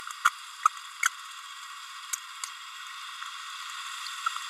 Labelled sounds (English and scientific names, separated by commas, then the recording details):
Green-rumped Parrotlet (Forpus passerinus) babbling
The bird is a female
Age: 30 days
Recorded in a nest box in Venezuela
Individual 17B32A7